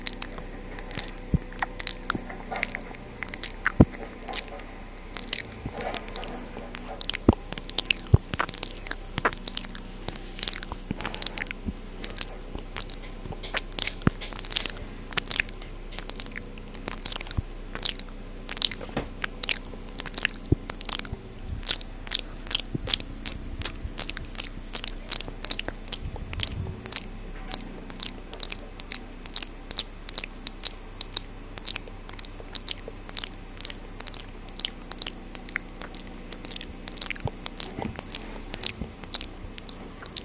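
Mouth sounds: a steady stream of sharp, wet clicks and smacks, sparse at first and growing denser and quicker after about twenty seconds. Soft crunchy, chewing-like textures sit underneath, with a low murmur throughout.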